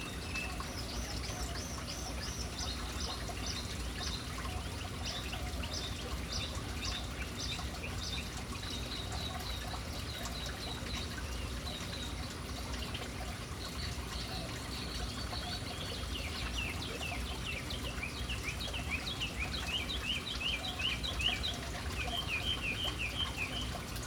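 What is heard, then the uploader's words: Small birds chirp in quick repeated bursts over a constant low rush of fountain water, the calls growing busier and brighter toward the end. Urban birds at fountain. Relaxing sounds of City Birds hanging around fountain.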